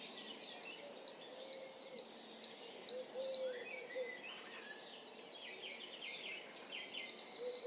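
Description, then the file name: Great tit song: bright two-note phrases repeated for about three seconds, a pause with other faint twittering, then the phrases resume. "Parus major"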